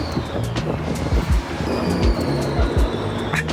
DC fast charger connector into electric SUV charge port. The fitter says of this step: not click. Let's try again.